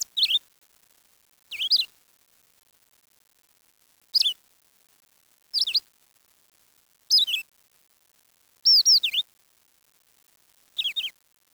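Bird calls: seven short, high chirps with quick up-and-down slurred notes, spaced irregularly about every one to three seconds, against a quiet background.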